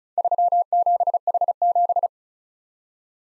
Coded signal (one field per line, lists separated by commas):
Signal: Morse code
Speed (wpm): 38 wpm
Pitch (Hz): 700 Hz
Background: none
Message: 37H7